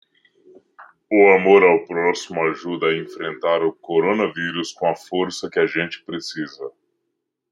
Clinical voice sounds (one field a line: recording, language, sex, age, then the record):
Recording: spoken sentence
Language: Brazilian Portuguese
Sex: male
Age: 30 to 39 years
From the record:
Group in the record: control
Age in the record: 33 years